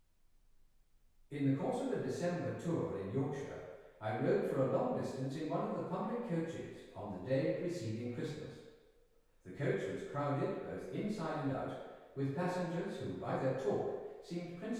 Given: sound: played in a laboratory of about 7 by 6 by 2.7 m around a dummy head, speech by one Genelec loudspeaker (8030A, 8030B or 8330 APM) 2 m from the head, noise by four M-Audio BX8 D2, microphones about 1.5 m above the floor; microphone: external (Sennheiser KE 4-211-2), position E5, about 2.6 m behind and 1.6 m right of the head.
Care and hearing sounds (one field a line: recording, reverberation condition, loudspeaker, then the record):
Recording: male speech in English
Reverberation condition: high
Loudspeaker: 120 degrees to the left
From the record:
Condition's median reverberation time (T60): about 1300 ms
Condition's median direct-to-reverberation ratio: about -4.0 dB